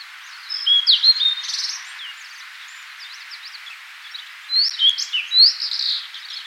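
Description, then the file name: Blue-and-white flycatcher song: two whistled phrases of high slurred notes with buzzy endings, separated by a pause with faint background chirps. "Cyanoptila cyanomelana"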